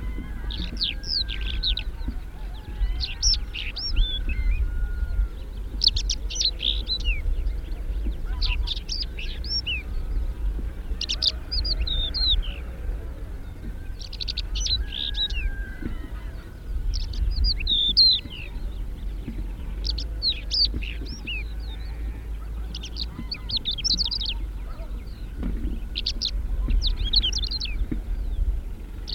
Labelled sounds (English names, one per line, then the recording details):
Greater Short-toed Lark song
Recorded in the wild
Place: Albesti, Transilvania, RO
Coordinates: 46.258, 24.86
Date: 1973-04-29 07:05
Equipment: Nagra III BH, Sennheiser MD 21, parabola
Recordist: Schubert, Michael